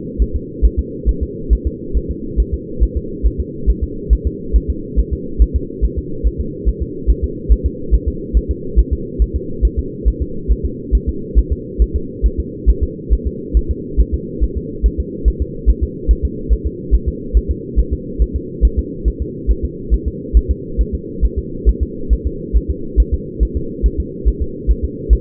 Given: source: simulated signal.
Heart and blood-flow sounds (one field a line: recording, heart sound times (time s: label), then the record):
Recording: fetal heart sounds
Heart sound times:
0.22 s: S1
0.36 s: S2
0.65 s: S1
0.79 s: S2
1.09 s: S1
1.23 s: S2
1.53 s: S1
1.67 s: S2
1.97 s: S1
2.11 s: S2
2.40 s: S1
2.54 s: S2
2.83 s: S1
2.97 s: S2
3.27 s: S1
3.40 s: S2
3.70 s: S1
3.84 s: S2
4.13 s: S1
4.27 s: S2
4.56 s: S1
4.70 s: S2
4.99 s: S1
5.13 s: S2
5.42 s: S1
5.56 s: S2
5.85 s: S1
5.99 s: S2
6.27 s: S1
6.41 s: S2
6.69 s: S1
6.82 s: S2
7.10 s: S1
7.24 s: S2
7.52 s: S1
7.66 s: S2
7.95 s: S1
8.08 s: S2
8.37 s: S1
8.51 s: S2
8.79 s: S1
8.93 s: S2
9.22 s: S1
9.36 s: S2
9.65 s: S1
9.79 s: S2
10.08 s: S1
10.22 s: S2
10.52 s: S1
10.66 s: S2
10.95 s: S1
11.09 s: S2
11.39 s: S1
11.53 s: S2
11.82 s: S1
11.96 s: S2
12.26 s: S1
12.40 s: S2
12.70 s: S1
12.83 s: S2
13.13 s: S1
13.27 s: S2
13.57 s: S1
13.71 s: S2
14.00 s: S1
14.14 s: S2
14.44 s: S1
14.57 s: S2
14.86 s: S1
15.00 s: S2
15.28 s: S1
15.42 s: S2
15.70 s: S1
15.84 s: S2
16.11 s: S1
16.25 s: S2
16.53 s: S1
16.67 s: S2
16.95 s: S1
17.09 s: S2
17.37 s: S1
17.51 s: S2
17.79 s: S1
17.93 s: S2
18.22 s: S1
18.36 s: S2
18.65 s: S1
18.79 s: S2
19.08 s: S1
19.22 s: S2
19.51 s: S1
19.65 s: S2
19.94 s: S1
20.08 s: S2
20.37 s: S1
20.51 s: S2
20.81 s: S1
20.95 s: S2
21.25 s: S1
21.39 s: S2
21.69 s: S1
21.83 s: S2
22.13 s: S1
22.27 s: S2
22.56 s: S1
22.71 s: S2
23.00 s: S1
23.14 s: S2
23.43 s: S1
23.57 s: S2
23.86 s: S1
24.00 s: S2
24.28 s: S1
24.42 s: S2
24.71 s: S1
24.85 s: S2
25.13 s: S1
From the record:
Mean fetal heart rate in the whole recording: 140 bpm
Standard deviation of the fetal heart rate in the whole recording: 2 bpm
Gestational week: 34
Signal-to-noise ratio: -4.3 dB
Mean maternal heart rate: 72 bpm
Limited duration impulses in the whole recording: absent